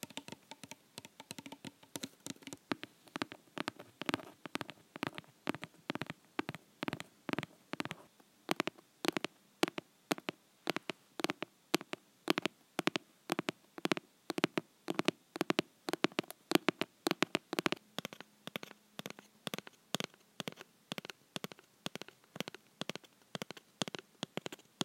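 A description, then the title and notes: Fake nails tap steadily on assorted objects like plastic, cardboard and a book. The clicks come fast and fairly regular, softer and sparser for the first eight seconds, then sharper and brighter, with a few brief rolling flurries. Tapping with fake nails ASMR. Tapping on various objects, including plastic, cardboard, book, perfume bottle, glasses case and more, with press-on nails.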